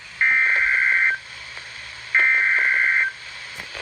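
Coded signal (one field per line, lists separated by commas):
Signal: Emergency Alert System (SAME) tones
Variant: header bursts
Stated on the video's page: Coastal flood warning and required weekly test during a minor nor'easter.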